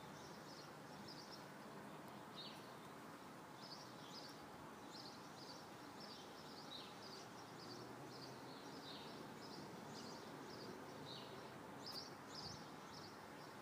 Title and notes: Heute sind meine Vögel etwas ruhiger unterwegs ;-) by Christian Müller